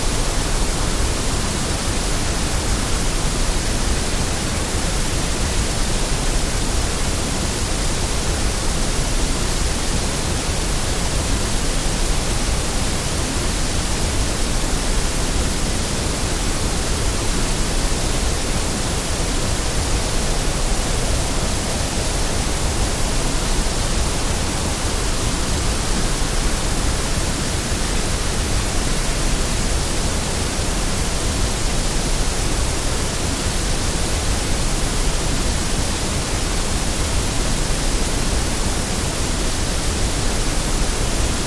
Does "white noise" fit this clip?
yes